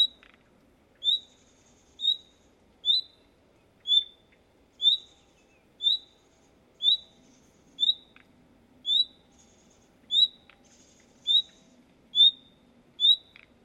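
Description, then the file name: Common nightingale repeating a brief upslurred whistle roughly once a second, a long series with occasional soft ticks. "Luscinia megarhynchos"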